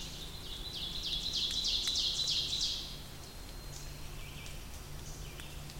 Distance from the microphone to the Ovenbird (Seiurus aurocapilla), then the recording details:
about 60 m. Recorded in boreal forest in Alberta, Canada, on 2 June 2016 at 07:25. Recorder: SongMeter 3, array SBT-3-7. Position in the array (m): 80 m, 111 m. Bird 5